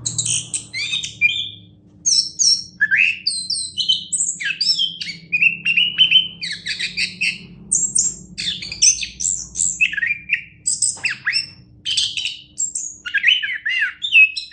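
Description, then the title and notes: Orange-headed thrush singing a rich, varied song of rapid whistled and buzzy phrases, many sliding down in pitch, with short pauses between bursts. National champion bird. "Anis Kembang Juara Nasional. kicau anis kembang"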